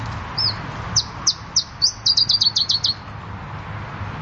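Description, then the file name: Iberian chiffchaff song: a few high, well-spaced notes that speed up into a rapid run of sharp descending chips, over steady background hiss. "iberischer zilpzalp"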